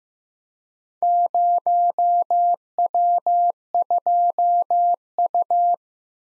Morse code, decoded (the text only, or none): 0W2U